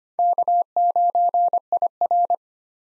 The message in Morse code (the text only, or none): K9IR